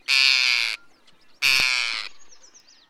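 Forster's Tern giving two harsh, buzzy, grating calls, each about two-thirds of a second long, with faint chirping in the background.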